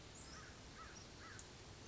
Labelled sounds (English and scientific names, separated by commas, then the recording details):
American Crow (Corvus brachyrhynchos)
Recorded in Sonoma County, California